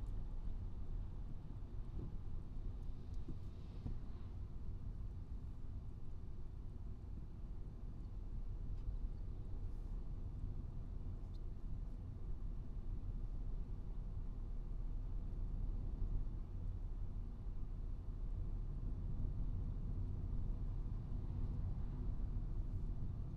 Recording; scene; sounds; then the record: everyday scene through a hearing-aid microphone; in a vehicle; engine, traffic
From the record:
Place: Skoda Fabia, gasoline engine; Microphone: in the ear canal, right